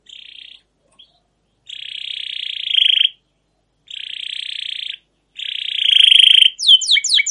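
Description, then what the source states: Canary song made of long buzzy trills repeated several times, ending in a quick flurry of sweeping notes. Canary with a long rolling 'ngerol' gacor song and 'cuit cuit' notes, used as a lure and master song to train or provoke other canaries to sing.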